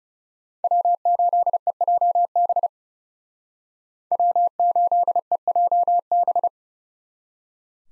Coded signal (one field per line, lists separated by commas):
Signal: Morse code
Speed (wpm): 39 wpm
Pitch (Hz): 700 Hz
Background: none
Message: W8EJB W8EJB